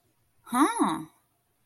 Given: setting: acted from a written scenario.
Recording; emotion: vocal sound without words; interest